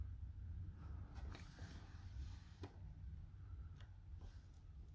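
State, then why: Not seated. A child fits a washer and pin onto the rear stub axle of a Traxxas Stampede Bigfoot RC truck and lines up the plastic axle retainer nut over the pin groove. Quiet handling knocks come at about 1.4, 2.6 and 3.8 seconds. The nut has not snapped into place yet.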